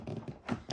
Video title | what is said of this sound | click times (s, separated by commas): My new vacuum cleaner from @ibaisaic - What could it be? [Mystery Unboxing] | locks into place | 0.7 s